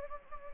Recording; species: mosquito wingbeat signal from an infrared sensor; Anopheles gambiae